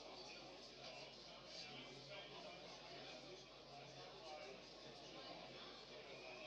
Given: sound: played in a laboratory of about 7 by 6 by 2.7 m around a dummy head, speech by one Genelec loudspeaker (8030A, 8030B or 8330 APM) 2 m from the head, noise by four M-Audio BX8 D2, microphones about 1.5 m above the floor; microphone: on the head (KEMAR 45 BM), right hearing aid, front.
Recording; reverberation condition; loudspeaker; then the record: cafeteria noise; low; four, about 170 cm from the corners of the room and facing them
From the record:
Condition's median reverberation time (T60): about 310 ms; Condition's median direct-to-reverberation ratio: about 3.5 dB